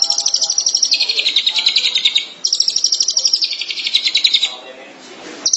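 Shrike giving rapid, high, buzzy chatter in two main runs, fading quieter toward the end before a brief restart.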